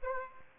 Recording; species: mosquito wingbeat signal from an infrared sensor; Aedes aegypti